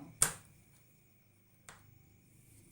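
A plastic hinge cover on a Polytron refrigerator door hinge is pressed from behind and pops off with a sharp click at 0.2 s, releasing it from the hinge. A softer tap follows at 1.7 s against a quiet background hum.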